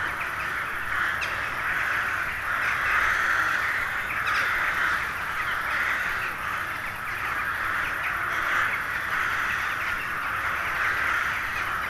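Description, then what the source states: Crows: a large flock cawing without pause, rough overlapping calls forming a constant din with occasional louder single caws. Hundreds of crows settling to roost for the night in a poplar wood at Neuflize, in winter at nightfall.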